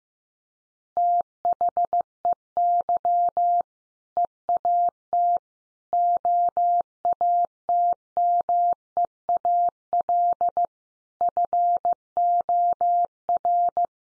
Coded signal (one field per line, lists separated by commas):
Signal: Morse code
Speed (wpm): 15 wpm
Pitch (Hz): 700 Hz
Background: none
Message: THEY EAT OATMEAL FOR